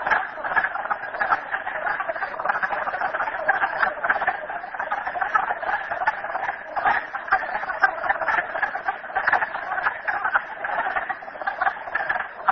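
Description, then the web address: Frogs in a continuous loud chorus of rapid rattling calls, overlapping so thickly that no single caller stands apart. Frogs recorded at Merryspring. "audio frogs merryspring 42008"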